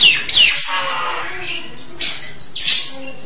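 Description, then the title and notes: Nias hill myna calls: a quick high whistled sweep, then a few rough, breathy bursts. "Jalak Nias. Kicau Burung Jalak"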